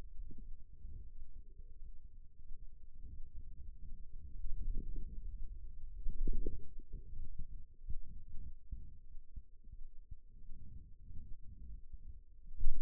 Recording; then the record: forearm muscle sounds (acoustic myography)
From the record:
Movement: wrist flexion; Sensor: system 2, bracelet of six BSWA MPA416 microphones around the upper forearm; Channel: 1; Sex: male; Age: 22 years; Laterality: right